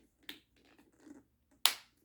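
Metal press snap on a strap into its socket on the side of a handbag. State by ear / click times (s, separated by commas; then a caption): seated / 0.3 s, 1.7 s. A metal press snap on a strap end is pressed into its socket on the side of a Kate Spade River bucket bag, which has two snaps on each side, to turn it into a shoulder bag. A sharp click at 0.3 s is followed by faint rustling, then a much louder, sharper snap at 1.7 s. The snap closes and the strap is fastened in place.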